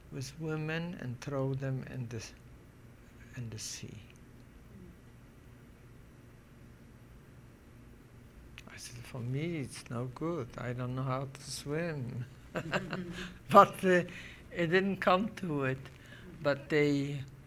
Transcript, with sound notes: with women and throw them in the sea. I said, "For me it's no good. I don't know how to swim." ( she laughs ) But it didn't come to it, but they